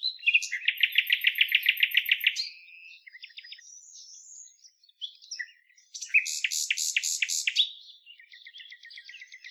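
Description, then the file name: Common nightingale singing a long rattle of rapid repeated notes, then quieter twittering, then loud harsh strokes repeated quickly before softer notes. "Luscinia megarhynchos"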